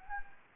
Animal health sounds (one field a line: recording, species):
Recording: mosquito wingbeat signal from an infrared sensor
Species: Anopheles gambiae